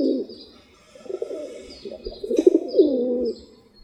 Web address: сизый-голубь